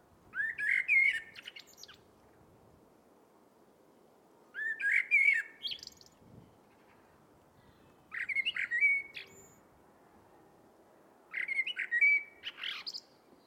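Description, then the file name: Eurasian blackbird delivering four short warbled song phrases, each followed by scratchy high notes, separated by pauses of roughly two seconds; quiet background otherwise. "Turdus merula"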